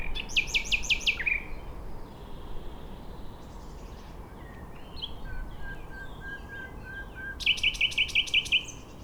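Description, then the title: Nightingale singing a rapid series of repeated chips, then a quiet whistled stretch, ending with another quick run of identical notes, over a low rumbling background. Singing in a bush between a railway line and the shore of Lac du Bourget, Entrelacs, France, unbothered by passing trains; road traffic on the RD991 audible. "2 D991, Entrelacs, France - Rossignol ferroviaire"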